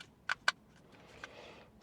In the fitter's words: snaps in place two lock in tabs everything is good